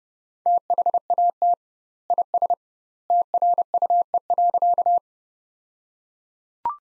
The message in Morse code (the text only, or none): THAT IS TRUE.